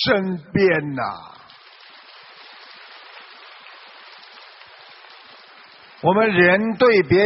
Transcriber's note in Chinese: 掌声